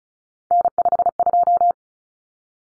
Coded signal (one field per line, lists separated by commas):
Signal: Morse code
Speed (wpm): 34 wpm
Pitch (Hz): 700 Hz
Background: none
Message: N52